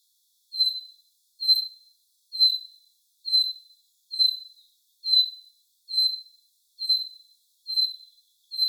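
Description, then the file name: Common chaffinch calls: a short, clear whistled note repeated steadily about once a second over an otherwise quiet background. "Fringilla coelebs"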